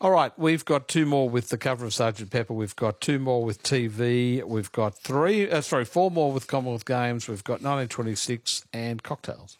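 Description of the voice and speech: A man speaks clearly and fluently in a lively quiz-host manner, reading out categories with steady rhythm and brief pauses. His voice is mid-low, clear and well voiced, with no hoarseness, slurring or hesitation. This is ordinary adult speech.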